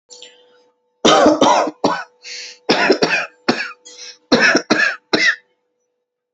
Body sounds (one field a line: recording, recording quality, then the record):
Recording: shallow voluntary cough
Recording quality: excellent, no background noise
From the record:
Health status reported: respiratory illness, not identified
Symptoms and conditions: none ticked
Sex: male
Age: 36 years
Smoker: not ticked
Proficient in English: yes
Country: India